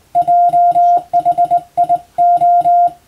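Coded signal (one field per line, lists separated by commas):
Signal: Morse code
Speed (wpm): 20 wpm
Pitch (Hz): 700 Hz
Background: music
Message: JHIO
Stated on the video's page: Morse sent with a telegraph key as training for the radiotelegraph operator licence exam, using English-text telegram practice material; also for amateur reception practice.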